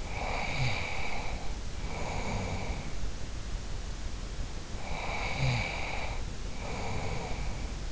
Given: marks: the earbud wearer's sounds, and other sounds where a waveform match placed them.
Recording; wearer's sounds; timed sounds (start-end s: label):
sounds in sleep by an in-ear microphone; breath, snoring breath
0.00-2.98 s: breath
4.73-7.85 s: snoring breath